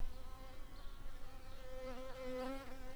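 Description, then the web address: Shrill carder bee buzzing: a steady, low droning hum with harmonics that wavers slightly in pitch and loudness throughout. Worker bees. "Sylvarum workers"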